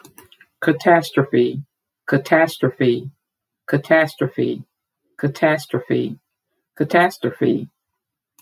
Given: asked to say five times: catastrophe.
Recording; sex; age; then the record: repeated word; female; 50 to 59 years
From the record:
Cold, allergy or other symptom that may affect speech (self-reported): no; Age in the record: 57 years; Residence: Mississippi, United States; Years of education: 13